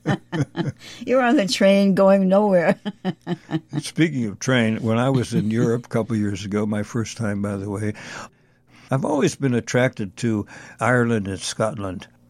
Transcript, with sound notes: You're on the train going nowhere. (laughs)
Speaking of train, when I was in Europe couple years ago, my first time by the way, I've always been attracted to Ireland and Scotland.